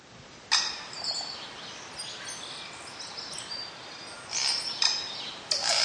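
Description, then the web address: Tui giving sudden loud clicks and high squeaky notes, then louder bursts of high notes near the end, over background hiss. Northland bush, New Zealand. "Lynne Music Northland-Bush-Tui"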